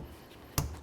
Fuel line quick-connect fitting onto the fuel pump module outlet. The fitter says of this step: Listen for that click. Give it a nice tug.